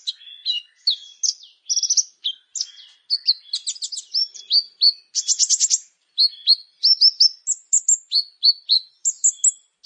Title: Ciblek Sawah